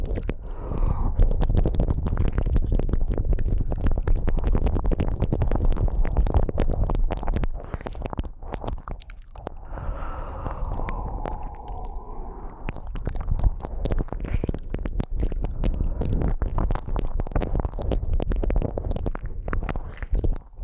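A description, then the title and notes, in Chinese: Ear licking and tongue clicks, a dense run of wet smacks, squishes and clicking taps that barely pauses. Around ten to thirteen seconds a soft breathy exhale rises through the middle, then the busy wet licking resumes to the end. ASMR×KU100。彈舌含耳呼氣．耳舐め | Ear Licking | NO Talking。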